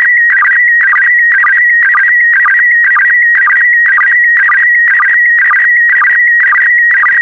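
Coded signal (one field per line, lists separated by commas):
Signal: SSTV (slow-scan television)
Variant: PD120 mode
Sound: steady warbling whistle near 2 kHz with a rhythmic low chirp about twice a second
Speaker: complete you can now check your decoded image against the picture that is shown on the video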